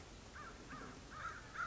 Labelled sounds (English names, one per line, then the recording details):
American Crow
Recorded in Sonoma County, California